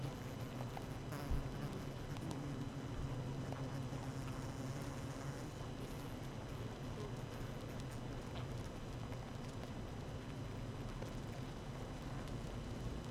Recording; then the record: honeybee colony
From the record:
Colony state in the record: active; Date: 12 June 2018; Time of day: 7:10